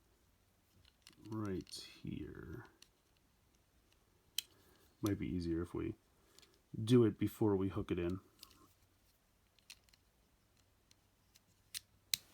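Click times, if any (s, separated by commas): 12.1 s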